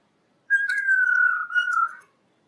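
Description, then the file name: Laughingthrush song: one long clear whistled note lasting about a second and a half, drifting slightly downward in pitch, with a brief waver near its end. Female bird, singing. "Tieng khuou mai hot"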